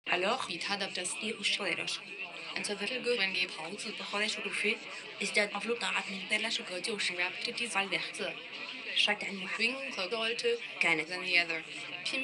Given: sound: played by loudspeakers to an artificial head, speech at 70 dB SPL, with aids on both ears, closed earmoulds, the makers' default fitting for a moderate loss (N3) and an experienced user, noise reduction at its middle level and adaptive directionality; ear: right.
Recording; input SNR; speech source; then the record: speech test signal (ISTS) in cocktail-party noise; +9 dB; in front (0 degrees)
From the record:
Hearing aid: class 2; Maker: I